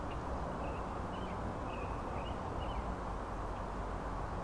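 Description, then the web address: Frogs in full chorus, a dense rolling drone with short chirped notes recurring through it. Frog chorus at Grafton Lake, recorded 3 May 2009. "The Frog Chorus Tunes Up On Grafton Lake"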